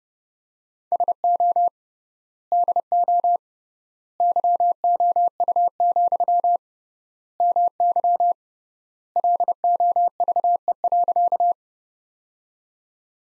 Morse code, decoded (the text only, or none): SO DO YOU, MY LOVE.